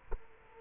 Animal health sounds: mosquito wingbeat signal from an infrared sensor; Culex quinquefasciatus

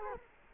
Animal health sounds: mosquito wingbeat signal from an infrared sensor; Culex quinquefasciatus

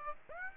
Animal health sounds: mosquito wingbeat signal from an infrared sensor; Aedes aegypti

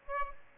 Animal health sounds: mosquito wingbeat signal from an infrared sensor; Aedes aegypti

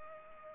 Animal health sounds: mosquito wingbeat signal from an infrared sensor; Culex pipiens

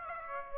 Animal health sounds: mosquito wingbeat signal from an infrared sensor; Aedes aegypti

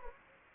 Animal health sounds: mosquito wingbeat signal from an infrared sensor; Anopheles gambiae

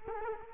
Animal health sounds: mosquito wingbeat signal from an infrared sensor; Culex quinquefasciatus

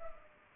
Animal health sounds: mosquito wingbeat signal from an infrared sensor; Culex pipiens

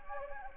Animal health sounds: mosquito wingbeat signal from an infrared sensor; Anopheles gambiae

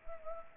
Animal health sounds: mosquito wingbeat signal from an infrared sensor; Anopheles arabiensis

